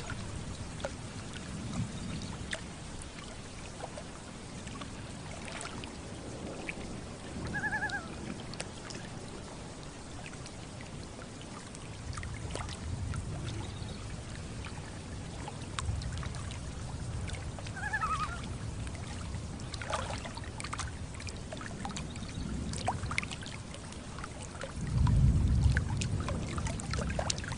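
Thunder rolls low beneath a lake scene, swelling around the middle and loudest near the end. Gentle water lapping and dribbling runs throughout, and brief loon calls rise twice, near eight seconds and again around seventeen seconds.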